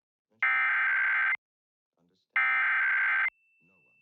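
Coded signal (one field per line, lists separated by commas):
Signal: Emergency Alert System (SAME) tones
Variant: header bursts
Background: speech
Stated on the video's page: Pennsylvania Required Monthly Tests received from television stations.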